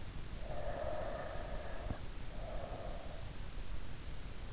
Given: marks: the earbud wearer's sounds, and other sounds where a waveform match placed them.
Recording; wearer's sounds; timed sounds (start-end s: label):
sounds in sleep by an in-ear microphone; breath
0.28-3.37 s: breath